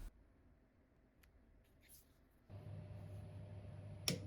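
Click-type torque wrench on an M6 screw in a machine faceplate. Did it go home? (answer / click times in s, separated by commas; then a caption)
yes / 4.1 s. A click-type torque wrench tightens a hardened M6 steel screw on a 4th-axis machine faceplate. After a quiet stretch with a faint tick near 1.2 s, a steady low hum sets in at about 2.5 s, and the wrench gives one sharp click at 4.1 s. The click means the set torque has been reached and the screw is at spec.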